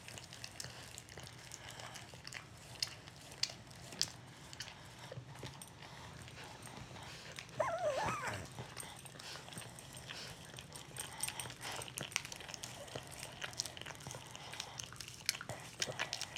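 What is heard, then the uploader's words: Dogs lick and groom each other, a steady stream of wet smacks, licks and nibbling clicks filling the whole stretch. Around the eighth second one dog lets out a brief, wavering whine. Dogs showing each other affection by cleaning each other.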